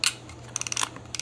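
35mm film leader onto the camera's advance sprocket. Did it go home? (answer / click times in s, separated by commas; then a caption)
yes / 0.6 s, 1.2 s. The bulging 35mm film leader in a reusable 35mm half-frame camera is pushed forward so its perforations click back onto the advance sprocket. A short bright rattle opens the clip, then a run of sharp ticks starts at 0.6 s, and a final click comes at 1.2 s over a faint low hum. The film seats on the sprocket, is advanced, and is taken up on the spool.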